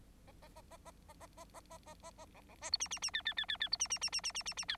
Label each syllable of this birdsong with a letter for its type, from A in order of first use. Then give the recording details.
A A A A A A A A A A A A A B B C D E E E F F F F F D E E E E E E E E F. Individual Bird9